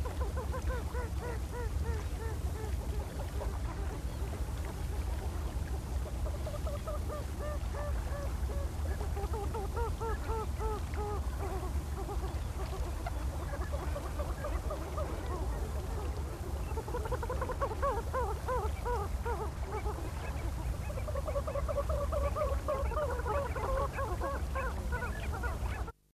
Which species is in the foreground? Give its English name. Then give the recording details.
White-winged Coot. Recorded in the wild. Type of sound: call. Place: Rio Tercero, AR. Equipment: Halbspur, 9,5 cm/s. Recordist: Lütgens, Hans. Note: Rufe